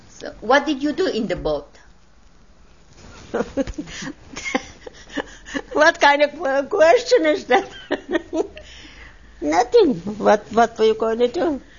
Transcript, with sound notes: What did you do in the boat?
( she laughs ) What kind of question is that? ( she laughs ) Nothing. What were you going to do?